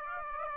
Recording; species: mosquito wingbeat signal from an infrared sensor; Aedes aegypti